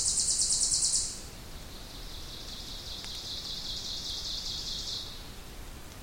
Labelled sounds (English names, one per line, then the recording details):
Ovenbird song
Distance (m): 50 m
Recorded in boreal forest in Alberta, Canada, on 2 June 2016 at 06:47
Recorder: SongMeter 3, array SBT-3-7
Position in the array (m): 275 m, 68 m
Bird 6